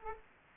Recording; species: mosquito wingbeat signal from an infrared sensor; Aedes aegypti